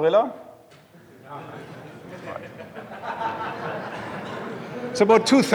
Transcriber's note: laughter